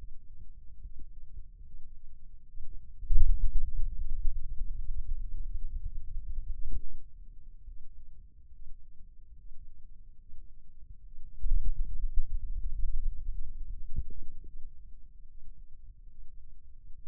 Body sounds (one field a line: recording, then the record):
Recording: forearm muscle sounds (acoustic myography)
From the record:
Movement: ulnar deviation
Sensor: system 2, bracelet of six BSWA MPA416 microphones around the upper forearm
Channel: 5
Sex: male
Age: 22 years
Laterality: right